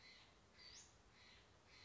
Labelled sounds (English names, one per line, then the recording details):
Western Flycatcher
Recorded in Sonoma County, California